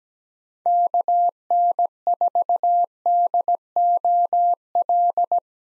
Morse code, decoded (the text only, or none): KN4DOL